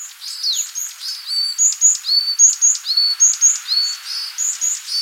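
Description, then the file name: Varied tit giving a continuous chattering series of high paired notes, a piercing upper note followed by a slightly lower one, repeated over and over. "Parus varius"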